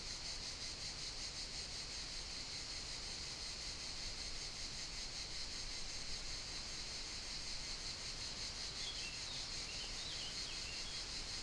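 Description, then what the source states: Crickets chirp steadily in a dense high band while wind rushes through trees, with a faint bird singing in the background near the end. Crickets chirping continuously in an apple-growing area at Riu Mort, Alt Empordà, Girona, with the Tramuntana wind moving through gigantic trees.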